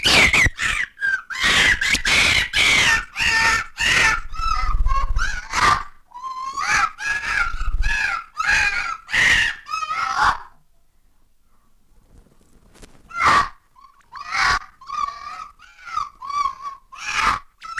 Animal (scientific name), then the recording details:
Vulpes vulpes. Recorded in captivity. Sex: female. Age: adult. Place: Zoologisches Institut der HUB, Berlin, DE. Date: 1959-03-28 15:00. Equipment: 19 cm Vollspur. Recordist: Tembrock, Günter